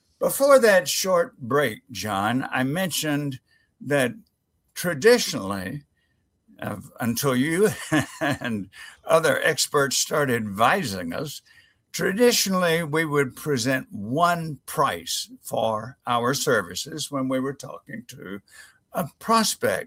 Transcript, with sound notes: Before that short break, John, I mentioned that traditionally, of uh until you [laughter] and other experts started advising us, traditionally, we would present one price for our services when we were talking to a prospect.